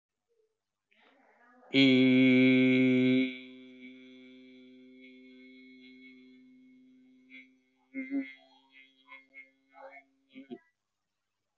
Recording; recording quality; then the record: sustained vowel as in beet; excellent, no background noise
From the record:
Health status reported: healthy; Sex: male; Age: 42 years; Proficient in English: yes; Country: India